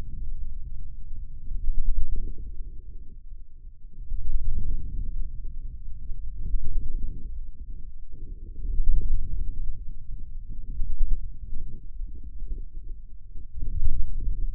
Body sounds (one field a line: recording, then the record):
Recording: forearm muscle sounds (acoustic myography)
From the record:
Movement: ulnar deviation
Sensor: system 2, bracelet of six BSWA MPA416 microphones around the upper forearm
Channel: 6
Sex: male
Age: 22 years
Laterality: right